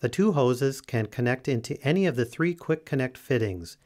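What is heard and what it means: Someone talks while the straight ends of the chemical inlet and return connection hoses are being handled at the quick-connect fittings on a disinfectant reservoir; either hose can connect into any of the three fittings. Nothing has seated or clicked yet.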